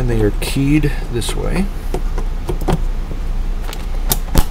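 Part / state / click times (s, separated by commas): memory module into motherboard DIMM slot / seated / 4.1 s, 4.4 s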